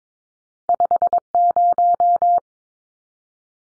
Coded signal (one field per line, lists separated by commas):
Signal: Morse code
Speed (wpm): 22 wpm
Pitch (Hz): 700 Hz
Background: none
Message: 50